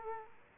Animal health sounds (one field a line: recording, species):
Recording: mosquito wingbeat signal from an infrared sensor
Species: Culex quinquefasciatus